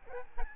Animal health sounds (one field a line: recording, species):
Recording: mosquito wingbeat signal from an infrared sensor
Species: Aedes albopictus